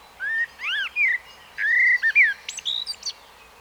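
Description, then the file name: Common blackbird giving one full song phrase: slurred mellow whistles, a drawn-out fluty note, then a short run of thin high notes. "Turdus merula"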